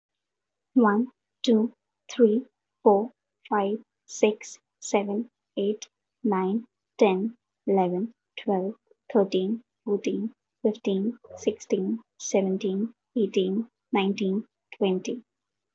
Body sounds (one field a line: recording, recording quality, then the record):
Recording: counting at a normal pace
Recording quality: excellent, no background noise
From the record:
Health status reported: recovered from COVID-19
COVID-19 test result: positive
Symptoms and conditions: cough, cold, fever, fatigue, muscle pain, loss of smell and taste, diarrhoea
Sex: female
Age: 23 years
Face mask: not worn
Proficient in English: yes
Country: India